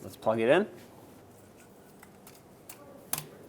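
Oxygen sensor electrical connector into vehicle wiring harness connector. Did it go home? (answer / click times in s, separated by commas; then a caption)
yes / 3.1 s. Someone talks, then an oxygen sensor's plastic electrical connector is plugged into its mating wiring harness connector on a 1998-2002 Lincoln Navigator after the catalytic converter is installed. After a few faint handling ticks, a sharp, short latch click at 3.1 seconds shows the connector has seated.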